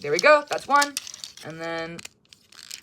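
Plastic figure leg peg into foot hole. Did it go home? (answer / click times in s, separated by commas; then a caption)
yes / 2.7 s. Someone talks while pushing the second plastic peg on the door of a plastic action figure's leg into its hole in the foot. Faint crinkling and small ticks follow, then a short snap at 2.7 s as the peg seats in place.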